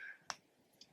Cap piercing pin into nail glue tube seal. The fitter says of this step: there we go I heard click but also that pin goes back into the tube